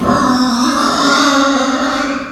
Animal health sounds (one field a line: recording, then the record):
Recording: squeal of a Yucatan mini pig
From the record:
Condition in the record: after surgery on the right vocal fold (resection and tissue-engineered implant)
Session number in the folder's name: 11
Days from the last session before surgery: 98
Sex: female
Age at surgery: 19 weeks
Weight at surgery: 25 kg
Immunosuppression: prednisolone